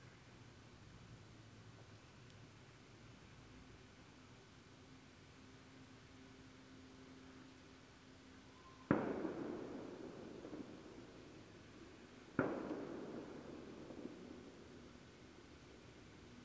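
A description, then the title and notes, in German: A small fireworks display in a nearby town: two sharp bangs burst out, near 9 and 12 seconds, each followed by a rumbling echo that fades over a couple of seconds. Between them a quiet, steady outdoor hiss and a faint low drone continue. Ein kleines Feuerwerk in einem nahen Ort.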